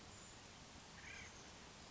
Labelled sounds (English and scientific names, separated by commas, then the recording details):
Acorn Woodpecker (Melanerpes formicivorus)
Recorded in Sonoma County, California